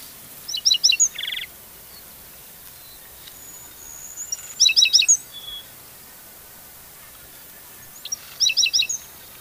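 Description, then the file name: Black-throated sparrow sings three phrases of rapid, high, sparkling notes, some followed by a brief buzzy note, with quiet pauses between. "Black-throated Sparrow - Amphispiza bilineata"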